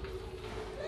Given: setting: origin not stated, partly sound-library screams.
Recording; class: one-second piece from a danger detection set; woman in danger